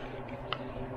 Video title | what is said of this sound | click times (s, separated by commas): How To Make A Proper Leather Axe Sheath Mask By Hand, Finishing It up | tester snap nice click | 0.5 s